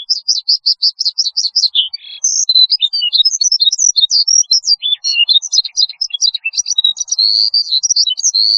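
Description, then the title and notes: Bush lark song, opening with a quick series of repeated high chirps, then a tumbling stream of varied twittering notes. "Kicau Burung Branjangan"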